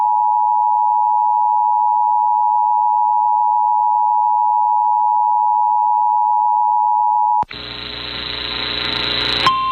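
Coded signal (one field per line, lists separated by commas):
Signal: Emergency Alert System (SAME) tones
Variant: 853 and 960 Hz attention tone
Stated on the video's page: Tornado Watch relayed by Raleigh country FM station, Local Primary One of the EAS, received in north central Franklin County, NC.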